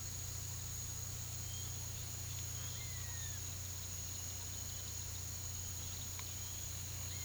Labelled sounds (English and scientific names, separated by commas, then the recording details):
none
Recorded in pastures near Puerto Asís, Putumayo, Colombia, on 18 February 2024 at 07:30
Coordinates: 0.486, -76.323
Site G6462